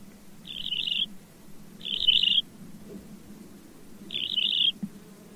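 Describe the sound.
Bird giving three brief rasping call notes, the first two close together and the third after a two-second pause, with a constant low droning hum beneath.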